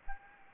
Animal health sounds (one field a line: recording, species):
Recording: mosquito wingbeat signal from an infrared sensor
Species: Anopheles gambiae